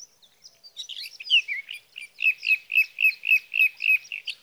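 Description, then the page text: Sage thrasher song building from a few quiet high notes into a tumbling warble, ending with a quick run of repeated similar notes. Male singing through the night near his night roost, Sierra Valley, California, evening of June 12 to morning of June 15, 2018; recorded with a Swift recorder. "61. Sage thrasher songs, through the night. For three nights, from the evening of June 12 to the morning of June 15, 2018, in Sierra Valley, California, I placed a Swift recorder near a male's night roost."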